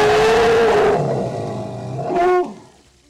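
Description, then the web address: Asian elephant roaring, a loud harsh blast with a steady tonal note that drops away, then a short higher trumpet-like cry that falls and fades. Thailand. "Thai Ellie Elephant Field Recordings"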